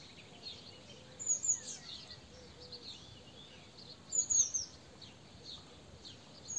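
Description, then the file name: Eurasian blue tit with two short bursts of sharp, very high twittering notes about three seconds apart, faint hiss between them. "Cyanistes caeruleus"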